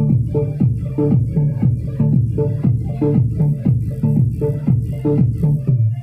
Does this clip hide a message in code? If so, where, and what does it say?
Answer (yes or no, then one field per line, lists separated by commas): no